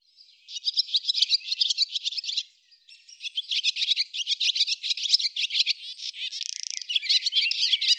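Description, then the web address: Barn swallow song: a long, fast run of high twittering notes with a short gap, then more chatter and a brief dry buzzy rattle near the end. "cianscape birddata Deverinetal 2025"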